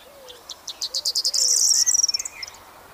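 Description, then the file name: Corn bunting singing an accelerating string of dry ticks that merges into a high, glittering, key-jingling trill; soft low whistled notes from another bird at the start. "Stuart Fisher - Prosyanka Emberiza calandra"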